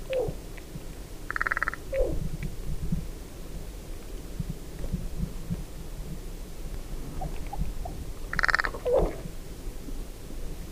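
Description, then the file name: Carrion crow giving two harsh calls several seconds apart, each with a short lower squeaky note near it, over a low rumbling background. "Corvus corone"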